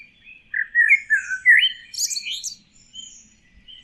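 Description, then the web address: Bird chirping calls: a quick run of bright, twittering notes that rise and fall, with thin high squeaks over them, then a few softer chirps. "Deverinetal 2025. Bird Only"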